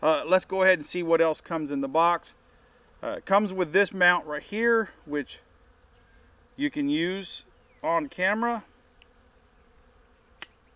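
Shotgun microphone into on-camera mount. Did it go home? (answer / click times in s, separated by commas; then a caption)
yes / 10.4 s. Someone talks while a Sennheiser MKE 600 shotgun microphone is pressed into its supplied on-camera mount. After the talking, a faint tick comes at 9.0 s, and then a sharp click at 10.4 s as the microphone seats in the mount.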